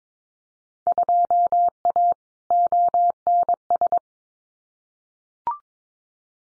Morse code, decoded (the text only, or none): 2A ONS